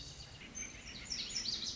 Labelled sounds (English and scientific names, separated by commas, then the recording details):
Lazuli Bunting (Passerina amoena)
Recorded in Sonoma County, California